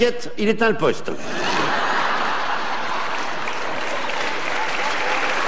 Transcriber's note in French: rires